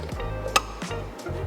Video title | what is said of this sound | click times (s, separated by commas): Ford Bronco OEM Upfitter Switches Install | hear that click | 0.6 s